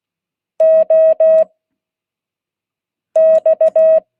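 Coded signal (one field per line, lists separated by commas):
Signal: Morse code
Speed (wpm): 16 wpm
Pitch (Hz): 640 Hz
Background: none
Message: OX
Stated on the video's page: Morse code class.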